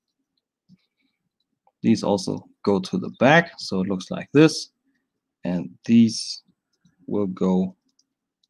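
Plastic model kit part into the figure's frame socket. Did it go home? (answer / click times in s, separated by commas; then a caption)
no / none. Parts of a Bandai RG EVA-00 plastic model kit are handled before being pressed into their sockets on the robot figure's frame while someone talks. Nothing has seated or clicked into place yet by the end of the clip.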